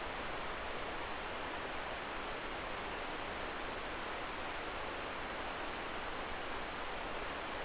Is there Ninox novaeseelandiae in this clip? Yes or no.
no